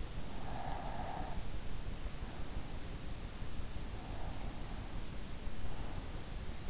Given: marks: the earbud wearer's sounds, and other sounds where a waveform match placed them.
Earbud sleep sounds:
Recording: sounds in sleep by an in-ear microphone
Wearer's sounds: breath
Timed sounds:
0.05-2.45 s: breath

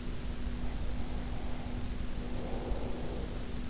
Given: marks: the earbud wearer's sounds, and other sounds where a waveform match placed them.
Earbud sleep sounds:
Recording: sounds in sleep by an in-ear microphone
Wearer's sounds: breath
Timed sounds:
0.53-3.70 s: breath

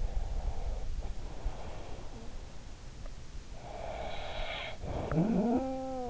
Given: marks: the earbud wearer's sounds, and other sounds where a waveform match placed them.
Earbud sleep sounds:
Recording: sounds in sleep by an in-ear microphone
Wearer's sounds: breath, snoring breath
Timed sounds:
0.10-2.29 s: breath
3.70-6.10 s: snoring breath

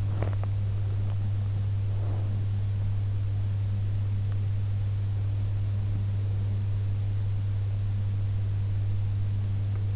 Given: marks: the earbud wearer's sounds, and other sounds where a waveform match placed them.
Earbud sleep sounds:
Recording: sounds in sleep by an in-ear microphone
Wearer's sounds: teeth grinding, breath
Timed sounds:
0.00-0.65 s: teeth grinding
1.78-2.66 s: breath

